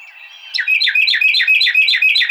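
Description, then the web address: Carolina wren song: a loud rolling series of rapid, sweeping repeated phrases starting after half a second, ringing steadily until the end. Recorded 26 March 2007. "Carolina Wren 2007 03 26"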